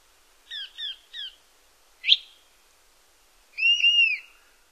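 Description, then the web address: Dusky-capped Flycatcher calls: three quick chattering notes, a sharp upslurred note, then one drawn-out, gently arched whistle, clear and otherwise quiet. North America. "Songs of Birds of North America Stokes. Dusky-capped Flycatcher"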